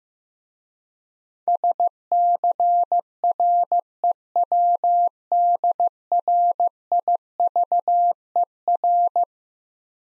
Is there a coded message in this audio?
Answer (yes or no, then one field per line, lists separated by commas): yes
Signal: Morse code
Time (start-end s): 1.5-9.2 s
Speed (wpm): 15 wpm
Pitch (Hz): 700 Hz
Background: none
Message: SCREWDRIVER